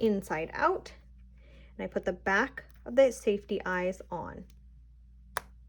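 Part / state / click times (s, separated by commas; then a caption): plastic safety eye washer onto the eye post through a crochet amigurumi / seated / 5.4 s. Someone talks while a plastic safety eye washer back is pushed onto the eye post through a crochet amigurumi piece turned inside out. At 5.4 s a sharp, brief snap is heard as the back clicks into place, seating the safety eye.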